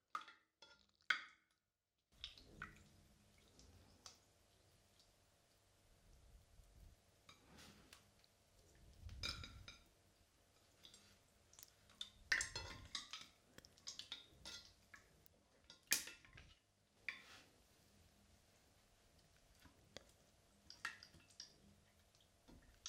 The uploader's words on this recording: Play with Slime - Squishing and Sticky Sounds.